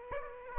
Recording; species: mosquito wingbeat signal from an infrared sensor; Aedes aegypti